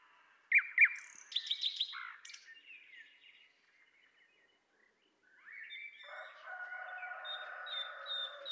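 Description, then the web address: Common nightingale gives sharp loud notes and a quick rattle, falls silent for about two seconds, then returns with soft drawn-out whistles and warbling. "pub SETE data Luscinia megarhynchos"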